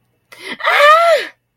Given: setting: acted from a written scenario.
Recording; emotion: vocal sound without words; fear